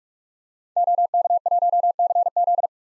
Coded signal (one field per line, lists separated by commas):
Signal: Morse code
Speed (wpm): 46 wpm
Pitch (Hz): 700 Hz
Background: none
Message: OK1CZ